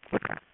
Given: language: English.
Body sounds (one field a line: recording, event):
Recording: throat vibration sensor signal played as sound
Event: swallow